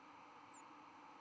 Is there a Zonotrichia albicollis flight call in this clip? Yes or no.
no